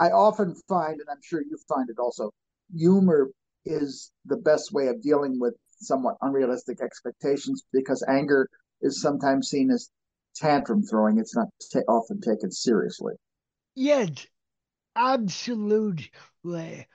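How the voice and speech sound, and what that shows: An adult speaker talks in fluent, connected speech with no speech disorder, and states that they did not have a speech impediment.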